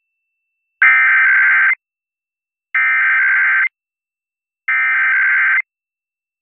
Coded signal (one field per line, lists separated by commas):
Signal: Emergency Alert System (SAME) tones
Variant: header bursts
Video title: [EAS #2391] Good Evening to you Air1